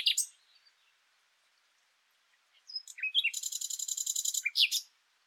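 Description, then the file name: Common nightingale song: a sharp high note, a pause, then a few short notes leading into a fast rattling series of repeated notes and a final high burst. "Luscinia megarhynchos"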